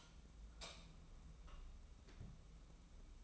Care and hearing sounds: daily activity, microphone in the room; light off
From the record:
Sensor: 1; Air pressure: 994.4 hPa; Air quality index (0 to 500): 224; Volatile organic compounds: 1000 ppm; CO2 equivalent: 8081 ppm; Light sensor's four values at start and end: 129/298/132/144 and 128/292/130/142

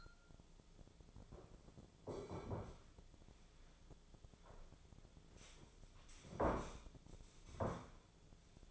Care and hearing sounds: daily activity, microphone in the room; sit down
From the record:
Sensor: 5

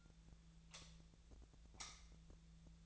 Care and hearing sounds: daily activity, microphone in the room; light off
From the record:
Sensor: 3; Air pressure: 1009.8 hPa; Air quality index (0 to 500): 190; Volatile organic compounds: 14 ppm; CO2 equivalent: 2474 ppm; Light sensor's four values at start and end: 45/119/50/52 and 39/97/41/44

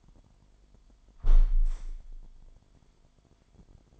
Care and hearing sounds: daily activity, microphone in the room; close window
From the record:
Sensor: 5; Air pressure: 998.6 hPa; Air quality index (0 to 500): 103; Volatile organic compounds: 2 ppm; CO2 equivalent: 1192 ppm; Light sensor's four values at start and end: 36/89/37/42 and 36/88/36/41

